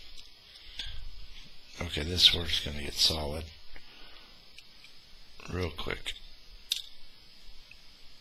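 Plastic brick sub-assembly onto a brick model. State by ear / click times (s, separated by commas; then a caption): seated / 6.7 s. A plastic LEGO brick sub-assembly is pressed onto a Star Wars Executor Class Star Destroyer 10221 brick model while someone talks, with a few faint clicks of handling. A loud, sharp snap rings out at 6.7 s as the section snaps together and seats firmly.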